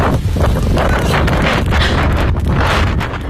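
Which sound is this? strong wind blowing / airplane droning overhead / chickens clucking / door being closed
strong wind blowing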